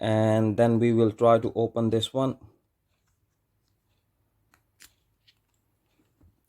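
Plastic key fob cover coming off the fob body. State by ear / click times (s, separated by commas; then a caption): released / 4.8 s. Someone talks, then, with the emergency key blade already pulled out, the plastic halves of a Nissan Qashqai car key fob are pried apart to reach the battery. After a quiet stretch there are small, soft clicks at 4.5, 4.8 and 5.3 seconds, and faint ticks near the end. The plastic cover pops off the fob body easily at 4.8 seconds.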